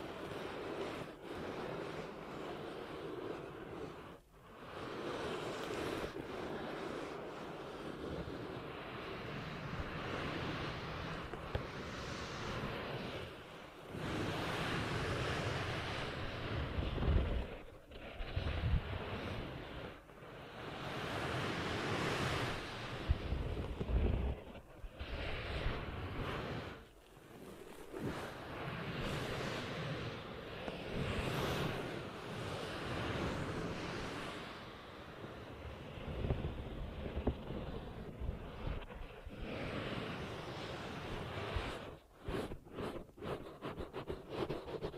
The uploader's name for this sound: ASMR 10 Ear Cupping Triggers